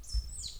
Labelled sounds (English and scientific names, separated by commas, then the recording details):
Stitchbird (Notiomystis cincta) song
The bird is a male
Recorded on Tiritiri Matangi Island, New Zealand, in 2005
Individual 4, of nest box 4